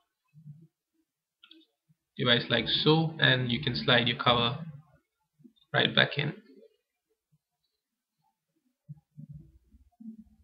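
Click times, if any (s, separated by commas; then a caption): none. A plastic back battery cover is handled against the back of a Nokia N97 mini mobile phone after the battery is inserted, ready to slide back on. Someone talks, with a few faint handling sounds. The cover has not seated or clicked yet.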